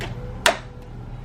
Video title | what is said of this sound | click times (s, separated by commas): Making New York Steaks In The Sous Vide - Haul De Costco Nuevas Receta Cocina Con Papa Jordan! | make sure it snaps in place and you're gonna go | 0.5 s